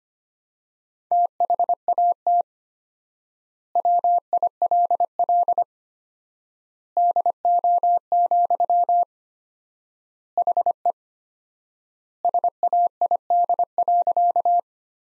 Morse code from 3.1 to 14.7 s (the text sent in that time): WILL DO, HE SAID.